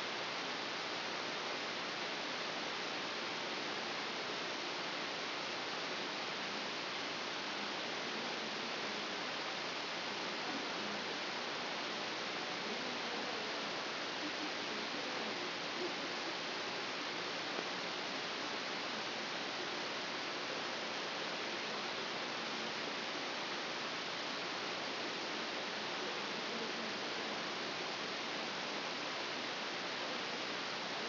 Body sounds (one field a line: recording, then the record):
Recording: brain microelectrode recording played as sound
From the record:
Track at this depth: inside the subthalamic nucleus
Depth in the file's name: 1.437 mm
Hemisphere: left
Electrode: 3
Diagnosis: Parkinson's disease